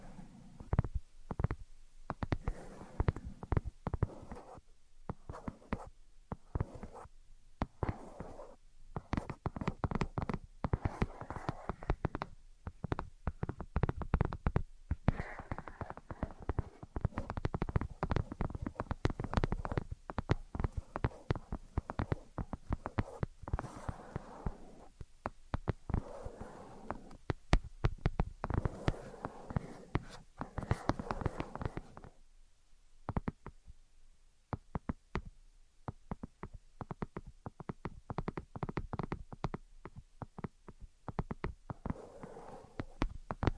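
Tapping and scratching go on throughout, a dense run of quick, irregular knocks mixed with rough scraping strokes. The sound stays low to mid in pitch and busy for most of the time, thinning into sparser, quieter taps between about 32 and 40 seconds.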